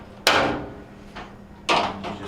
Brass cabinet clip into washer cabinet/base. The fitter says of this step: push down on them they'll snap into place so now our cabinet is connected to our our washer